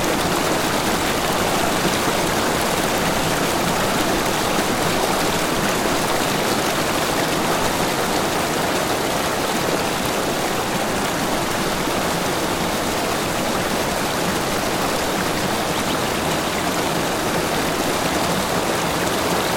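A babbling brook rushes steadily, a dense, even wash of bright splashing water that barely changes over twenty seconds.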